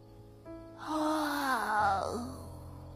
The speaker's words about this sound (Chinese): 这时，小四子的一声哈欠声将陷入沉思之中的众人都拉了回来。